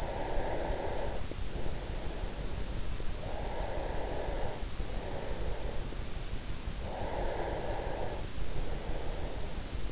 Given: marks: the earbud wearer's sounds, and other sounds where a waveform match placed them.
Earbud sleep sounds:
sounds in sleep by an in-ear microphone; breath
0.00-2.74 s: breath
3.08-6.25 s: breath
6.59-9.79 s: breath

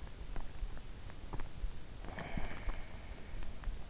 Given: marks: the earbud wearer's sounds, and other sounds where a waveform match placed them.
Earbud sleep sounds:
sounds in sleep by an in-ear microphone; breath
1.24-3.38 s: breath

